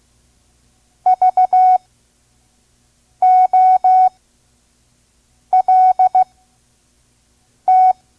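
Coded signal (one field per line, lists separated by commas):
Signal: Morse code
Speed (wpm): 16 wpm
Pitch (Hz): 740 Hz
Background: none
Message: VOLT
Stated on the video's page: Vintage ARRL Morse course, listen-and-learn lesson at 5 words per minute.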